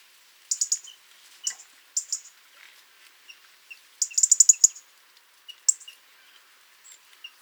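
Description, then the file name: European robin calling with short, high, sibilant bursts, one longer rattling series near the middle, and soft scattered ticks in between. "Erithacus rubecula"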